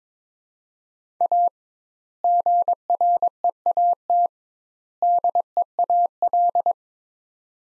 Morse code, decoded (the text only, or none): A GREAT DEAL